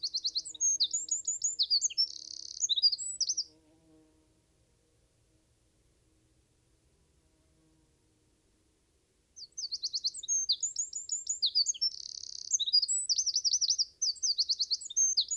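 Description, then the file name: Eurasian wren singing two high, rapid songs of chips and rattling trills separated by a long pause. "Troglodytes troglodytes"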